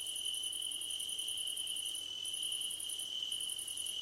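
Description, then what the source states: Cricket chorus with one unbroken shrill trill, overlaid by a very high buzzing pulse train that stops briefly twice before resuming. Crickets at night under a starlit sky.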